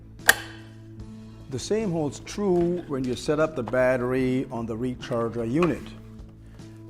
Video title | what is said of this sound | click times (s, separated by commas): Akrus SC-5010-SEK Mobile Surgical Chair | simply set it up on the guides and push it in until you hear the audible click | 0.3 s